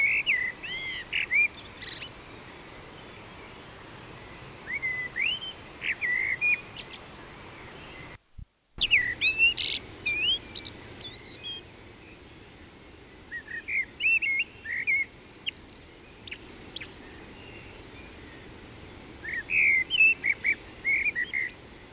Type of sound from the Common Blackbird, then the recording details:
song. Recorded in the wild. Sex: male. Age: adult. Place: Garmisch-Partenkirchen, Bayern, DE. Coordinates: 47.4914, 11.0781. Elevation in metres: 703. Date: 1968-04-20. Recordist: Tretzel, Erwin